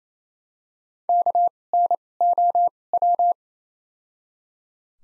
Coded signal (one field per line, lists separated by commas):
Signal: Morse code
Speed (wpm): 28 wpm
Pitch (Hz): 700 Hz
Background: none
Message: K N O W